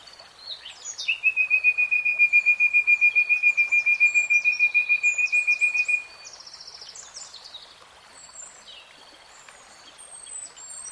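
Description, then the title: Nightingale song opening with a long rapid run of identical pulsed notes for about five seconds, then softer varied high twitters. Singing in real time. "[Tiếng chim hót] REALTIME Nightingale Singing"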